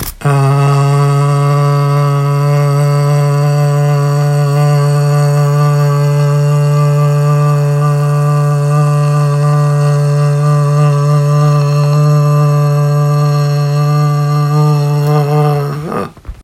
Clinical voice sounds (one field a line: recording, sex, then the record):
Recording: sustained vowel /a/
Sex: male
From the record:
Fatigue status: fatigue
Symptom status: symptomatic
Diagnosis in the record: COVID-19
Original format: m4a